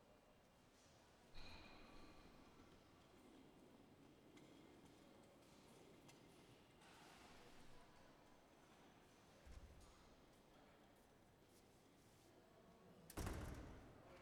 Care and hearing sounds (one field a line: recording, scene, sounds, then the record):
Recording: everyday scene through a hearing-aid microphone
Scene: reverberant space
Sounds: background noise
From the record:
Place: railway station hall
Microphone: behind the ear, left, rear